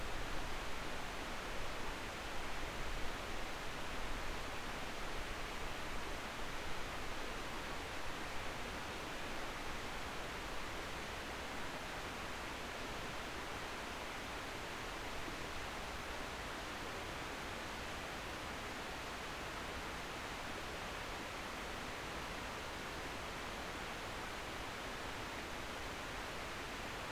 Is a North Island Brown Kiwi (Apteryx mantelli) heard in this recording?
no